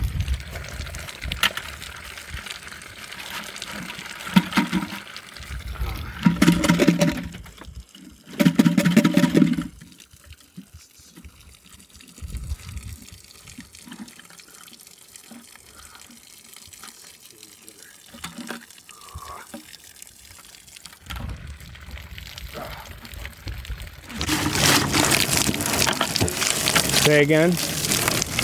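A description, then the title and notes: Maple syrup field recording with bursts of running, pouring liquid around five to ten seconds, then a quieter stretch of scattered knocks, clicks and brief voice-like sounds. From about twenty-four seconds a louder, steady rush of water returns, with a rising whine near the end. Maple syrup field recording. I tap maple trees with my brother and sister.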